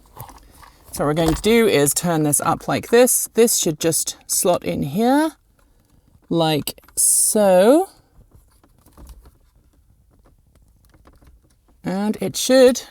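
Someone talks while a replacement wireless phone charging module is tilted up and slotted into its opening in the centre console of a Bolt EV. Faint, brief handling taps and rustles come in the pauses around 5.6–5.9 s and 8.6–11.1 s. The module is lined up in its slot, but nothing has seated or clicked yet.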